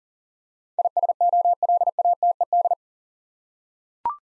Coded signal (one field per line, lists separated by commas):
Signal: Morse code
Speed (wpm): 39 wpm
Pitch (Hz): 700 Hz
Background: none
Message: ISOLATED